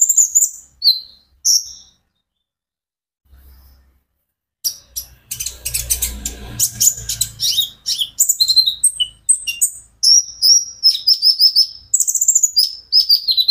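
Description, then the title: Van Hasselt's sunbird singing: a few scattered high notes, a quiet gap, then a dense run of rapid shrill chirps and thin whistles over a low rumbling noise. A konin ijoan singing constantly (gacor); recording meant as a lure and therapy aid to make untrained konin answer. "KOLIBRI NINJA KONIN IJOAN GACOR COCOK UNTUK PANCINGAN TERAPI KONIN BAHAN PASTI NYAUT"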